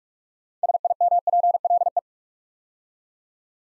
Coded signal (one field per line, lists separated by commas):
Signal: Morse code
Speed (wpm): 44 wpm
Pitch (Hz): 700 Hz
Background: none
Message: SIMPLE